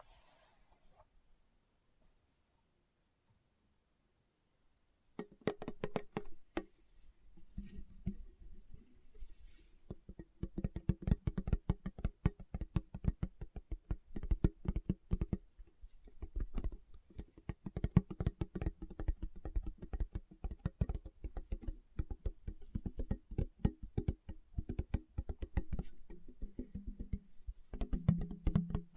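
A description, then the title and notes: Fingertips tap rapidly and densely on a hard surface, a steady patter of short clicks with a woody low thump. The first five seconds are nearly silent with a few faint sounds, then tapping starts abruptly and continues without pause, its rhythm shifting slightly throughout. ASMR Tapping with Fingertips (No Talking).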